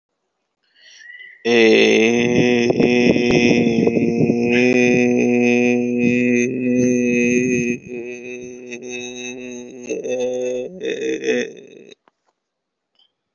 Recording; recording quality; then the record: sustained vowel as in made; excellent, no background noise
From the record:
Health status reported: COVID-19 positive, no symptoms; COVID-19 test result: positive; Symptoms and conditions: cough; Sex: male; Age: 30 years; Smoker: not ticked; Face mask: not worn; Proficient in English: yes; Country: India